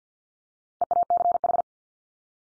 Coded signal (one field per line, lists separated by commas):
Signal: Morse code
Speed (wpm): 50 wpm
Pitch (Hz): 700 Hz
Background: none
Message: EACH